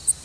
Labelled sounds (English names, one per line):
Worm-eating Warbler flight call